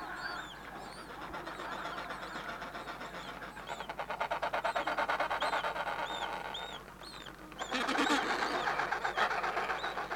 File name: Digiffects Sound Effects Library - Adele Penguin